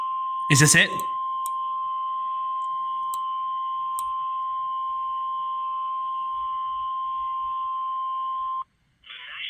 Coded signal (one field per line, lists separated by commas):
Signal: Emergency Alert System (SAME) tones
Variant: 1050 Hz attention tone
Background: speech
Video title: Moderately Crazy. | EAS Alerts From 5/19/24 | EAS #614-625